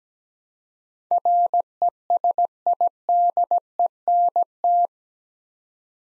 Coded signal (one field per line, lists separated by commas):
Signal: Morse code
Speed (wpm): 17 wpm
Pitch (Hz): 700 Hz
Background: none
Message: RESIDENT